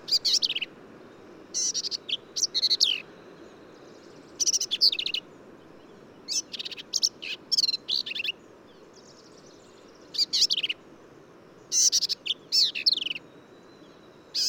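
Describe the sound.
Black-capped vireo singing a steady series of brief, jumbled high phrases, each a rapid cluster of sharp notes, spaced roughly every one to two seconds.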